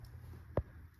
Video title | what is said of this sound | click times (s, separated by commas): DIY Allen and Roth Blackout Window Shade Installation Demonstration [Allen and Roth Blackout Shade] | the thing in there just snaps right in there | 0.6 s